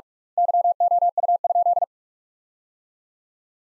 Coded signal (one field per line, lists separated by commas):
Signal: Morse code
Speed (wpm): 48 wpm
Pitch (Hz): 700 Hz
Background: none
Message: YOU?